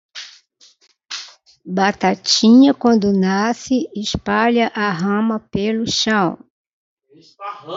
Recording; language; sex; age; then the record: short text; Brazilian Portuguese; female; 50 to 59 years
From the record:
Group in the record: control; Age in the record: 51 years